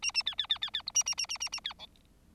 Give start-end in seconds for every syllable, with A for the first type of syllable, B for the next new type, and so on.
0.02-0.12 A, 0.14-0.23 A, 0.26-0.35 B, 0.38-0.47 B, 0.49-0.58 B, 0.61-0.70 B, 0.73-0.82 B, 0.86-0.91 C, 0.94-1.03 A, 1.06-1.15 A, 1.17-1.26 A, 1.29-1.38 A, 1.40-1.49 A, 1.52-1.60 A, 1.64-1.74 B, 1.79-1.86 D